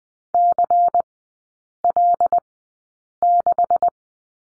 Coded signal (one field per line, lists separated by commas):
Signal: Morse code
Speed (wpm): 20 wpm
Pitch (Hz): 700 Hz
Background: none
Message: CL6